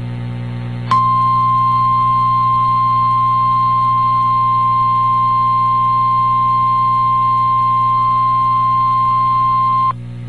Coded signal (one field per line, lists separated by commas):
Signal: Emergency Alert System (SAME) tones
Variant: 1050 Hz attention tone